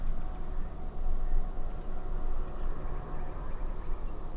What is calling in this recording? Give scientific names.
Luscinia megarhynchos